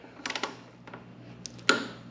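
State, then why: Torque reached. A torque wrench tightens a bolt on the front end of a GSXR 600 motorcycle during a front tire change. A quick run of light ratcheting ticks is heard around 0.3–0.4 s, then a sharp, louder click at 1.7 s as the wrench reaches its set torque.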